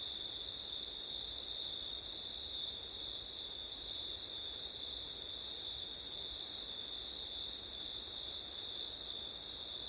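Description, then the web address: Crickets chorus in a steady, unbroken high trill with a second shimmering band far above it, while wind rushes and rustles underneath throughout. Crickets singing at night in September, recorded in windy conditions; ORTF microphone setup. "audio crickets wind september night ortif"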